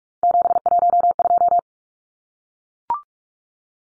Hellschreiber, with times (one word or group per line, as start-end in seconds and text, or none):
none